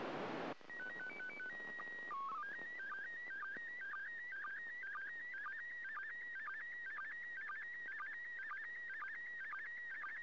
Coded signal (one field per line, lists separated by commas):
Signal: SSTV (slow-scan television)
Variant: PD 120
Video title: 31st First Pass.Slow Scan Television (SSTV) images transmitted from the International Space Station